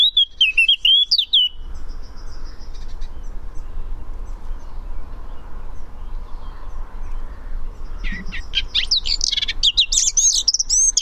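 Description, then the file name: Eurasian blackcap song: a short warbled whistling phrase opens, then low rumbling noise, then a fast, varied run of chattering and fluty notes at the end. "Sylvia atricapilla"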